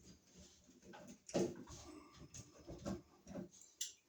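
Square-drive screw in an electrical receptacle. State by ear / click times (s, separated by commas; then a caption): stripped / 3.8 s. A square-drive bit turns a terminal or mounting screw in an electrical receptacle, making soft scraping and rustling with sharp ticks near 1.3 and 2.3 seconds. A bright, sharp click at 3.8 seconds marks the bit slipping in the stripped square recess, so a flathead screwdriver is used instead.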